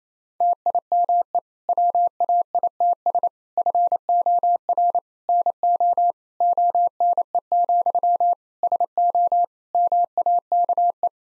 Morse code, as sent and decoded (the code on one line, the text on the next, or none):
- .. -- . / .-- .- .. - ... / ..-. --- .-. / -. --- / --- -. . --..-- / ... --- / -- .- -.- .
TIME WAITS FOR NO ONE, SO MAKE